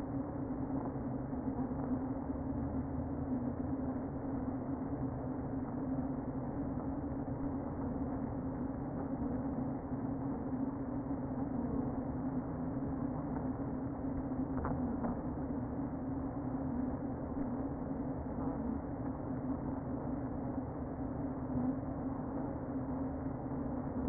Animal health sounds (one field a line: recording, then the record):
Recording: honeybee colony, microphone inside the hive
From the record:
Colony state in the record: queen present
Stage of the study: before two queens were removed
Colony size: about 60,000 bees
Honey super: yes